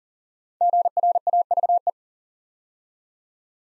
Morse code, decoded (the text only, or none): GRAVE